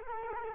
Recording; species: mosquito wingbeat signal from an infrared sensor; Culex quinquefasciatus